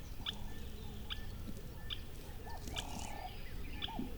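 Birds calling in a countryside chorus: repeated short sharp chirps about once a second, with lower warbled notes and a steady low rumble of background noise.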